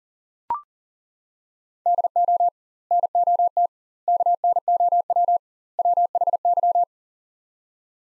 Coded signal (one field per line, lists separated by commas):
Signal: Morse code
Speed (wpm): 40 wpm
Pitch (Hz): 700 Hz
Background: none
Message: DO NOT KNOW WHY